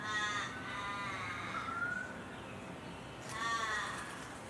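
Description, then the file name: Channel-billed cuckoo calls: two harsh, harmonic, downward-sliding cries, the second after about three seconds, over steady background hiss. "canto do cuco gigante"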